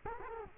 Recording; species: mosquito wingbeat signal from an infrared sensor; Culex quinquefasciatus